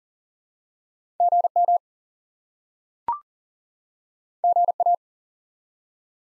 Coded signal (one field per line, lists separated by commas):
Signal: Morse code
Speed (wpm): 40 wpm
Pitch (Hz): 700 Hz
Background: none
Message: GM GA